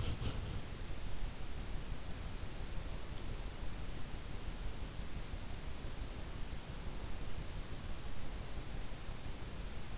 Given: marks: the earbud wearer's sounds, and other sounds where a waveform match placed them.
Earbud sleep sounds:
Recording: sounds in sleep by an in-ear microphone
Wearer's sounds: body movement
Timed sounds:
0.00-1.10 s: body movement

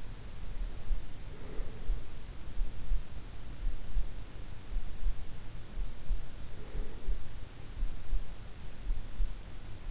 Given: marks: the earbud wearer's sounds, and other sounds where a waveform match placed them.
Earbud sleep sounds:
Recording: sounds in sleep by an in-ear microphone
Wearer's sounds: breath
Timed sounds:
0.00-2.63 s: breath
6.00-8.00 s: breath

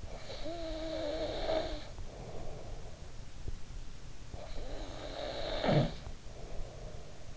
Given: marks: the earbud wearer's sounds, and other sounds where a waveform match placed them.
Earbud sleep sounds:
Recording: sounds in sleep by an in-ear microphone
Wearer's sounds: snoring breath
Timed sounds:
0.03-3.09 s: snoring breath
4.12-7.37 s: snoring breath

